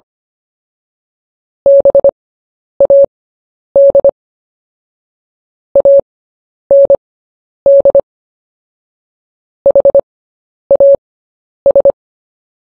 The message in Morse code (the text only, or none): BAD AND HAS